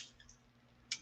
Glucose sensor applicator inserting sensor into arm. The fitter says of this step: probably heard the click once it clicks it comes out of this applicator this gets thrown away